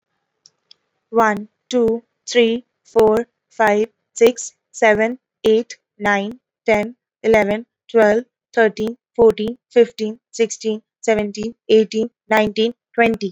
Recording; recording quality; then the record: counting at a normal pace; excellent, no background noise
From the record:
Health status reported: recovered from COVID-19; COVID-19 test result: negative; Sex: female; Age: 24 years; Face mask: worn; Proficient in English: yes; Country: India